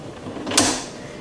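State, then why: Seated. A plastic Ninja Blender DUO jar is set on its motor base at an angle and rotated until it locks. A sharp click sounds at 0.6 s, briefly ringing over quiet background noise, and the jar is seated and locked, ready to go.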